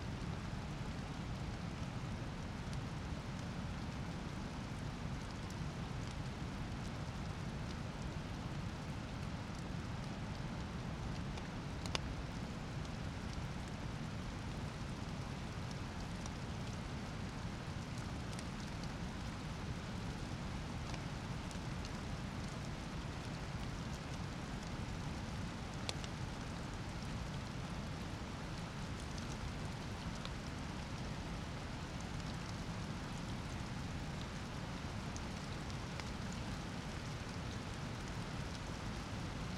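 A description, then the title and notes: Steady, dense rushing of heavy rain and swollen streams fills the night, with a couple of sharp clicks near twelve and twenty-six seconds. Alpine Thunderstorm. The area above Kamniška Bistrica, surrounded by mountains, was hit by a series of extremely powerful thunderstorms. The recorded storm passed over the area during the night and you can hear the sounds of swollen torrential streams. Recorded in Slovenia by Gregor Vida.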